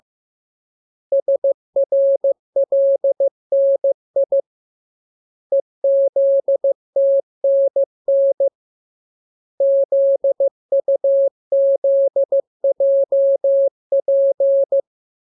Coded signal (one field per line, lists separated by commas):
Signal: Morse code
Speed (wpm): 15 wpm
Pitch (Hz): 550 Hz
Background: none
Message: SRLNI EZTNN ZUZJP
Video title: Learning Morse Code. Lesson 15. Letter KMURESNAPTLWI.JZ